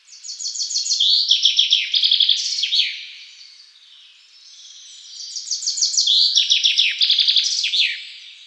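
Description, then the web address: Bird song in two high, rapid phrases of repeated chirping notes and trills, each lasting about two to three seconds, separated by a quieter pause. "vogelstimmen"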